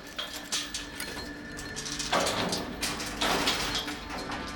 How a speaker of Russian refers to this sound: Сафронов сидит в клетке, к ней подходит Лара. Открывает двери клетки, бросает Сафронову куртку.